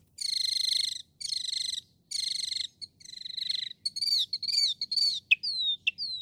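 Northern mockingbird song: dense buzzy rattles repeated several times, then varied slurred whistles and sharp chirps in quick succession.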